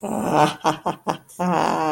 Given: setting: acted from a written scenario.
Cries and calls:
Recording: vocal sound without words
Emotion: triumph

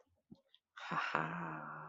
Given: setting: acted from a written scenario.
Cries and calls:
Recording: vocal sound without words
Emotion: triumph

